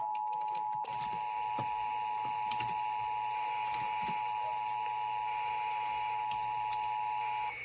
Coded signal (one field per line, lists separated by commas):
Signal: Emergency Alert System (SAME) tones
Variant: 853 and 960 Hz attention tone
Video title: EAS 1298: Arizona Amber Alert